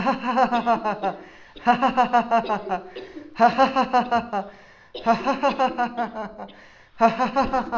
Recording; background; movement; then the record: laughter; a bystander coughing; sitting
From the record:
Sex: male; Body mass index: 20.6 kg/m2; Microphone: on the chest, facing outward